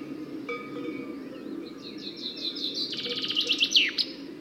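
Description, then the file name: Common chaffinch song: a series of chipping notes running into a fast trill and ending in a sharp flourish, over a steady low hum. "Fringilla coelebs"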